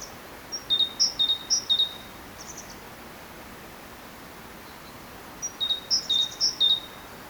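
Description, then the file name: Great tit with two short bursts of ringing two-note phrases, high then lower, separated by a few seconds of quiet background hiss. "Parus major"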